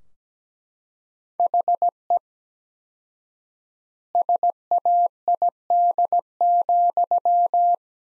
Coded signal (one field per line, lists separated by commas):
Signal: Morse code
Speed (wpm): 17 wpm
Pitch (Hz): 700 Hz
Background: none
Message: HE SAID,